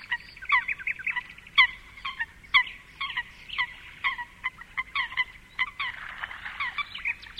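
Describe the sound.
Eurasian coot giving short, sharp notes in an irregular series, some paired, ending in a brief scratchy flurry.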